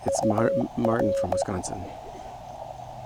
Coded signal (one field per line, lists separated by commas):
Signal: Morse code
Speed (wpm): 16 wpm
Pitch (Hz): 550 Hz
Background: speech, radio noise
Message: UR